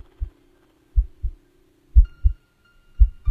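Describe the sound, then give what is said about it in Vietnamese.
A frightened woman's pounding heartbeat thuds in deep, heavy lub-dub pairs roughly once a second in an empty house, with a faint steady hum lingering underneath and no voices. “chỉ còn tiếng thở phì phò và tiếng tim đập thình thịch của Hương vang lên trong căn nhà trống vắng”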